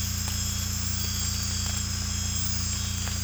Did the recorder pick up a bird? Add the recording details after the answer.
no. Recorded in secondary vegetation near Puerto Asís, Putumayo, Colombia, on 18 December 2024 at 01:30. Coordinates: 0.485, -76.322. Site GP08